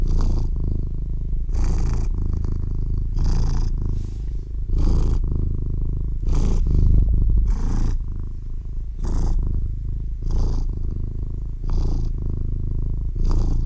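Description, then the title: Domestic cat purring, a continuous low rumble with breathy bursts repeating roughly every second or so, steady throughout. Baby kitten purring. "CAT PURRING By This Baby KITTEN"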